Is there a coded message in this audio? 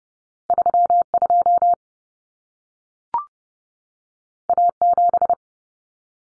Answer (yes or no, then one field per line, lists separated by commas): yes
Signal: Morse code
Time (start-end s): 0.5-5.3 s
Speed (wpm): 30 wpm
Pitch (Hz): 700 Hz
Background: none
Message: 32 A7